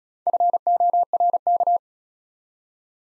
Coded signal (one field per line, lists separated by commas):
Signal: Morse code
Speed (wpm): 34 wpm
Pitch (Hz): 700 Hz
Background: none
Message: FORK